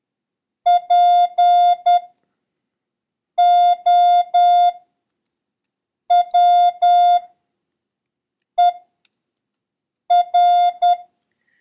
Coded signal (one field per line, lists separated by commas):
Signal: Morse code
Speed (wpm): 10 wpm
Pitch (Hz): 710 Hz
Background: none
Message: POWER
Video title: International Morse Code: Lesson 7